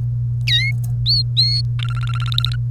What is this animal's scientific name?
Serinus canaria